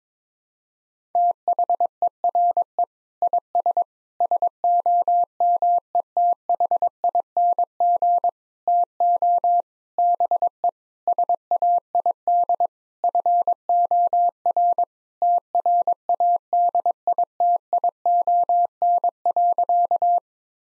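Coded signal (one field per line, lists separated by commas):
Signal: Morse code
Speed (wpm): 22 wpm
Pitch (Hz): 700 Hz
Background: none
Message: THERE IS SOMETHING TO BE SAID FOR TRADITION.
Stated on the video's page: Morse code practice at 22 wpm: sentences built from common seven-word phrases, each sent, then spoken, then sent again, for head-copy.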